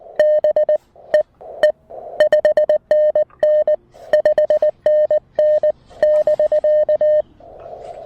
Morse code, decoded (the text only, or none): BEE 5NN 5NN <BK>